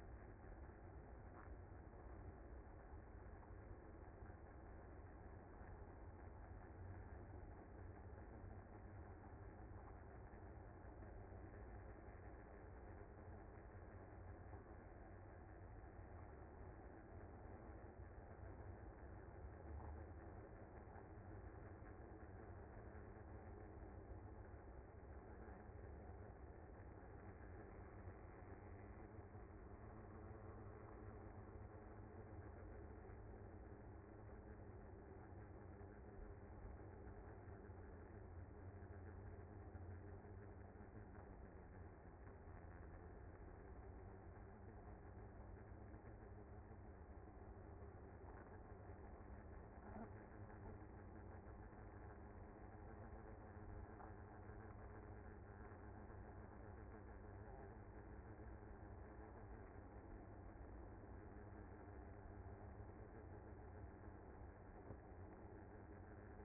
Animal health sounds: honeybee colony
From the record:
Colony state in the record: active

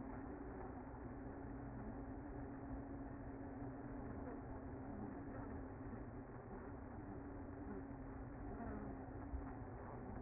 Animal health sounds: honeybee colony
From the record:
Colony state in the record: active

